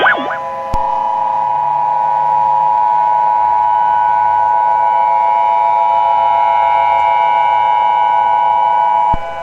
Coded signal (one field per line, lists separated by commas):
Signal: Emergency Alert System (SAME) tones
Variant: 853 and 960 Hz attention tone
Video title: EAS Scenario Story #6: World of Light: Chapter 2